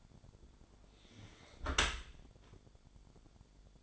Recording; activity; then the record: daily activity, microphone in the room; close dishwasher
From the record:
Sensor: 5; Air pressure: 1006.8 hPa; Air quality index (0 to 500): 186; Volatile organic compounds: 5 ppm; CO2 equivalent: 1777 ppm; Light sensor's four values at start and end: 54/150/59/60 and 54/149/59/59